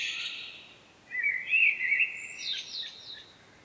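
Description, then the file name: Common blackbird delivering a warbled phrase that ends in a burst of thin, high squeaky notes, after a fading earlier phrase. "Turdus merula"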